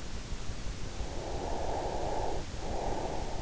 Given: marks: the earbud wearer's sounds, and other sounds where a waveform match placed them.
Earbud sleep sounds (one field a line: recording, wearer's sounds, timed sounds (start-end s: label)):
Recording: sounds in sleep by an in-ear microphone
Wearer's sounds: breath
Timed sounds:
1.18-3.40 s: breath